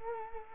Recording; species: mosquito wingbeat signal from an infrared sensor; Culex quinquefasciatus